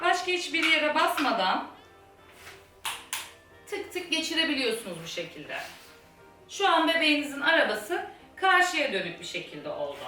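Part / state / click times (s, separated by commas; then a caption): stroller seat unit onto stroller frame adapters / seated / 2.8 s, 3.1 s. A Cybex Melio stroller seat unit is turned around and pushed back onto the stroller frame adapters without pressing any buttons, while someone talks over background music. Two sharp clicks at 2.9 s and 3.1 s mark the seat seating onto the frame.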